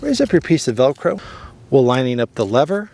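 Someone talks while handling the folding latch lever on the stem of a Varla Pegasus electric scooter, raising the velcro strap and lining up the lever while refolding the stem into riding position. Only speech is heard; nothing has seated or clicked yet.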